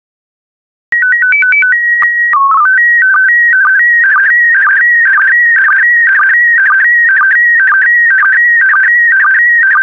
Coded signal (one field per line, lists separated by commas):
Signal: SSTV (slow-scan television)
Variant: PD 120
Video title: 155069 Canoeing and Kayaking SSTV PD120